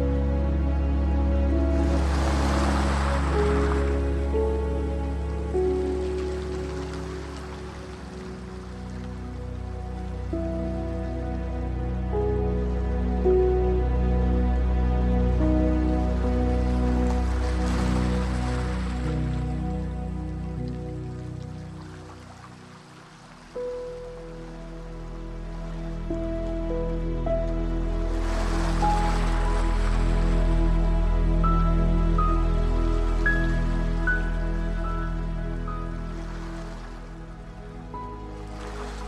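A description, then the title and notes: Soft piano notes drift over a sustained low drone, with gentle ocean waves washing in. The surf swells at about 3, 18 and 29 seconds, and the sound thins briefly near 23 seconds before the steady bed returns. Piano Gentle Ocean sounds.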